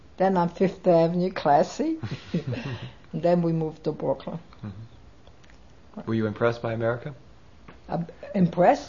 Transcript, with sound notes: Then on Fifth Avenue, classy. ( she laughs ) Then we moved to Brooklyn.
Were you impressed by America?
Impressed?